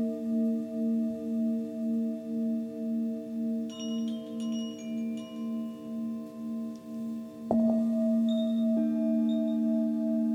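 Crystal and Tibetan bowls ring in a sustained, pulsing drone, the tone wavering in slow regular beats. Small bright chimes and high tinkles appear around the middle, and just past seven seconds a new bowl is struck, making the hum louder and steadier.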